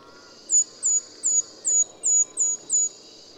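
Golden-crowned kinglet song: seven very high, thin, downslurred notes repeated steadily, roughly every third of a second.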